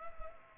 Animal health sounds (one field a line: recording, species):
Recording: mosquito wingbeat signal from an infrared sensor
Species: Culex pipiens